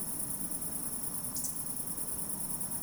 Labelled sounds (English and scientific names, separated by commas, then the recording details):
Eurasian Woodcock (Scolopax rusticola) whistle
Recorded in Baden-Württemberg, Germany, on 27 June 2020 at 20:19 UTC
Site 42618, 210 m above sea level